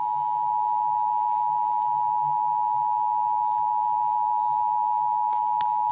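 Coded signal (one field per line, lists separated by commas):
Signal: Emergency Alert System (SAME) tones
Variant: 853 and 960 Hz attention tone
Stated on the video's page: Fictional Emergency Alert System scenario alert about a magpie attack.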